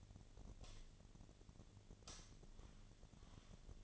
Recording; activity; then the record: daily activity, microphone in the room; light on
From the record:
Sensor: 4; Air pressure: 1010.7 hPa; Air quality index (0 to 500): 170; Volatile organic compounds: 5 ppm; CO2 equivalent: 1732 ppm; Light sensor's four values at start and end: 38/109/43/44 and 38/109/43/44